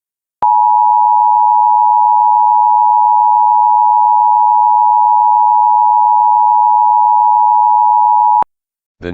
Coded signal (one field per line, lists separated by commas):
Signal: Emergency Alert System (SAME) tones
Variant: 853 and 960 Hz attention tone